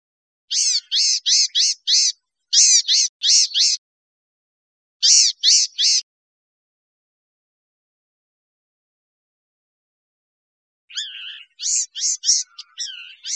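Blue-gray gnatcatcher giving wheezy, nasal mewing notes in rapid runs of three to five, a long silence, then a scratchier burst at the end.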